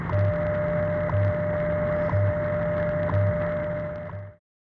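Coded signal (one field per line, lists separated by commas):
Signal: radio time signal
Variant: WWV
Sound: steady mid tone with a short tick every second over low pulsing hum and hiss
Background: radio static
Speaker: WWV time signal on 20 mahz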